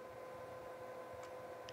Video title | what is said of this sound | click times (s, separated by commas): Utah Concealed Firearm Training Class Part 1 | listen for this when the trigger comes forward hear that little click | 1.7 s